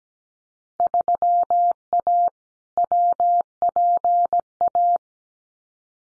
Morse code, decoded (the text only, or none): 3A WPA